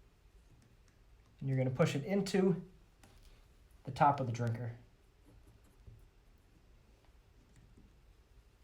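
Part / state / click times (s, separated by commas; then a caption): plastic drinker fitting into top of cage drinker / not seated / none. A plastic drinker fitting is pushed into the top of a chicken cage drinker while someone talks in two bursts, with quiet handling noises and faint ticks between them. The clip ends just before the fitting goes home, so nothing has seated or snapped into place yet.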